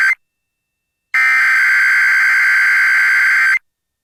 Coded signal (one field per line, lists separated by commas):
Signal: Emergency Alert System (SAME) tones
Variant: header bursts